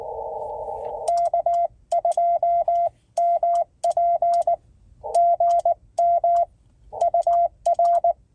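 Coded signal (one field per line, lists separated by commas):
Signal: Morse code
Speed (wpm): 19 wpm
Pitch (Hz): 690 Hz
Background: radio noise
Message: K2MP GM UR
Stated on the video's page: CW/Morse parks on the air (POTA) activation from a mobile station with a guyed HF mobile antenna, parked in a state forest parking lot.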